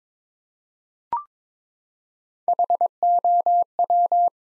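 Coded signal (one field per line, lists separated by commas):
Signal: Morse code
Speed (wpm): 22 wpm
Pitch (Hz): 700 Hz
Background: none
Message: HOW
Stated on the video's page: Morse practice sentences built from the 200 most common words at 22 wpm with 3x standard word spacing, a word-level analogue of Farnsworth spacing.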